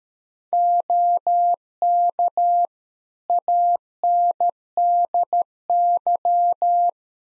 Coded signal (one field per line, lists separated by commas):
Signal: Morse code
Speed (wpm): 13 wpm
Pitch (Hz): 700 Hz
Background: none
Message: OK ANDY